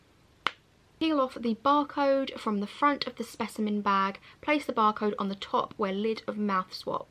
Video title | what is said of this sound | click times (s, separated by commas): FINDING OUT MY ANCESTRY - LIVING DNA REVIEW | Please seal swab tubes tightly by pushing until you hear a click. | 0.5 s